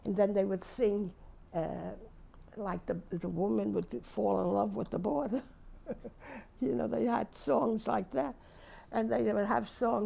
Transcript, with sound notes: And then they would sing, like the woman would fall in love with the boarder. (She laughs.) You know, they had songs like that. And they would have songs,